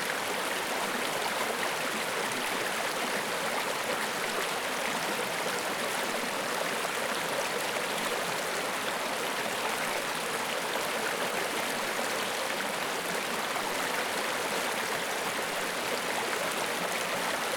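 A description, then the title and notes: A river runs steadily, a dense, unbroken rush of water that holds the same level from start to finish. The sound sits mostly in the middle and upper range, with a thin low end. No separate events stand out. A River Runs Through It. Water and nature sounds.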